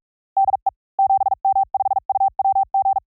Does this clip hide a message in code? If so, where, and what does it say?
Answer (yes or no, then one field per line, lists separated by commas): yes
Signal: Morse code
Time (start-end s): 0.4-3.0 s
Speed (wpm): 44 wpm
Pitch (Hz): 810 Hz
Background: none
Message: DE 7M5UWG